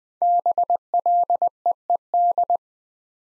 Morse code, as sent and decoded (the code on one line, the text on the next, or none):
-... .-.. . . -..
BLEED